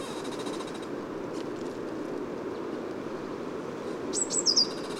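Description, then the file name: Eurasian blue tit gives a short burst of high, thin notes near the end, over a steady background rumble. Recorded at Neudarss on 2 February 2013, at 09:53. "ebtit-caeruleus-S-1-15 mh gtit 0953 h neudarss"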